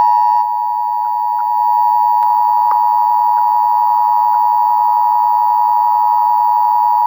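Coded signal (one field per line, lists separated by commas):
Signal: Emergency Alert System (SAME) tones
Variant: 853 and 960 Hz attention tone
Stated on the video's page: Severe thunderstorm warning for St. Louis; edited version, carried on local TV, NOAA Weather Radio, phones and radio.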